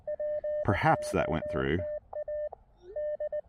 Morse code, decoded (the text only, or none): POTA D